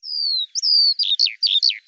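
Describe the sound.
Eurasian skylark song fragment: a long descending whistle followed by several quick chirping slurred notes.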